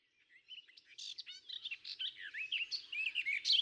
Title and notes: La Fauvette des jardins (Sylvia borin). Oiseau discret de plumage mais merveilleux chanteur.